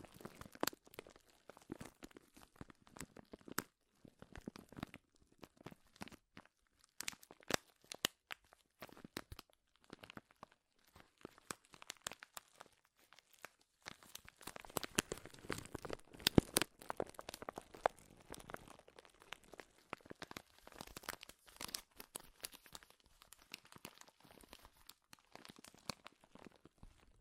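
Dense crinkling and crackling runs through the whole stretch, a fast irregular stream of sharp, bright snaps with brief pauses. The crinkles grow louder and busier around the middle, peaking near sixteen seconds, then continue at a slightly lower level to the end.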